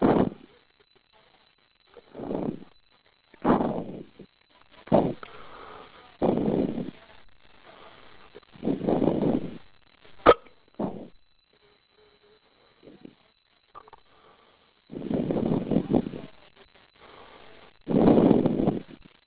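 About nine short voiced bursts come at irregular intervals over roughly twenty seconds, separated by silence, with one sharp click partway through. These are an adult man's repeated hiccups, each an abrupt involuntary catch of breath.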